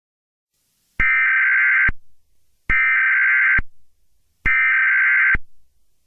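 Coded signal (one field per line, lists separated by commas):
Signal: Emergency Alert System (SAME) tones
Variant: header bursts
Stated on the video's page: Fictional EAS scenario, not a real alert.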